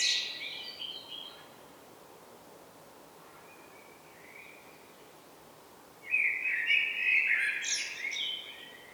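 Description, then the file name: Common blackbird song: the tail of one phrase, a quiet soft warble, then a loud fluty phrase rising into a high chattering twitter. "Turdus merula"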